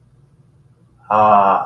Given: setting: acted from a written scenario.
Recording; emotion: vocal sound without words; awe